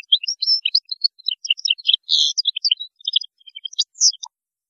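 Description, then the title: European goldfinch song: a continuous, lively stream of high twittering, tinkling and buzzy notes lasting about four seconds without a break. "Chant Chardonneret"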